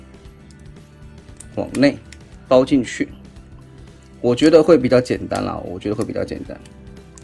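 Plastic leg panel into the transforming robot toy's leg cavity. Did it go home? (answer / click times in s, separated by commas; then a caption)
no / none. During the transformation of an Iron Factory IF EX-51 Power Falcon robot toy into jet mode, a small plastic leg panel is pushed out and wrapped inward toward the leg cavity. Someone talks over quiet handling ticks at about 1.4 s and 7.2 s, with faint music underneath. The panel has not clicked into place yet.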